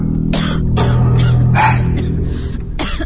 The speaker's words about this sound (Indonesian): terdengar lagi suara batuk itu. Kembali batuk itu terdengar berulang-ulang, jelas dari lantai bawah.